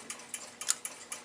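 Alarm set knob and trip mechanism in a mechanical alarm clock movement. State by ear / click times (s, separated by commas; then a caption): seated / 0.7 s. A 1930 Westclox La Salle mechanical alarm clock is being reassembled, and its alarm set knob is turned until the internal alarm trip drops into place. Steady, soft ticks of the clock movement repeat at about 0.1, 0.3, 0.6, 0.9 and 1.1 s. One short, sharper click stands out at 0.7 s as the alarm mechanism seats into its trip position, confirming the alarm is synchronized.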